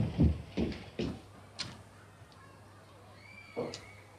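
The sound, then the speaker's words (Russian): Three firm knocks on a door in a quick, even rhythm, then a lighter tap and, after a pause, one more knock over a low steady hum. “Стук в дверь.”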